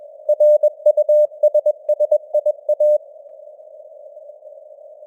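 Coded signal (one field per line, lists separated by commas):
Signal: Morse code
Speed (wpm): 21 wpm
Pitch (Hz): 600 Hz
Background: none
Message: RUSSIA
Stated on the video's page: News headlines in Morse at 21 wpm with simulated radio noise and varying signal strength (QSB).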